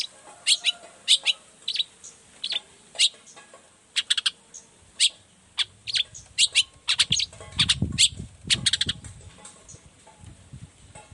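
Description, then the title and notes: Long-tailed shrike song of quick high chips and scratchy notes, fairly continuous, with a low rumbling noise in the second half. Morning song of a cendet, used as a lure to make other shrikes of any type reply quickly and open their beaks; varied 'toet toet' voice. "Cendet Gacor Dor Di Kala Pagi Toet Toet Variasi Suara. Cendet Gacor Efektif Pancingan Buat Cendet Jenis Apapun Agar Cepat Nyaut Buka Paruh. Burung cendet"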